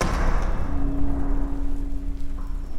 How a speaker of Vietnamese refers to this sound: Cơn mưa nặng hạt cũng dần ngớt.